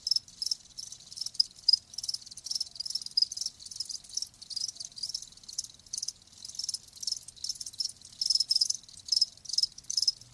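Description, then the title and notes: Crickets chirping in a dense, high, continuous pulsing chorus with rapid repeated bursts and little pause. Live crickets chirping. "Live Crickets Chirping. RainManCJ"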